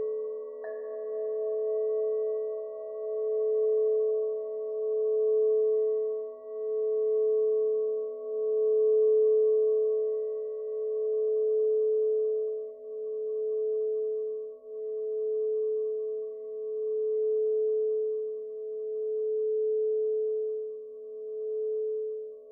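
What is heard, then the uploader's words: A singing bowl rings in a long, steady tone after a soft strike near the start, sustaining for the whole stretch. The pitch is mid-range and pure, with a slow wavering pulse in loudness every second or two. Nothing else is heard. Soundscape singing bowls.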